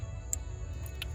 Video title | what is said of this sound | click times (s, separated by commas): Part 5: H22 Prelude Engine Swap Into a 90-93 Honda Accord - VTEC Wiring | all right clicked into place | 0.3 s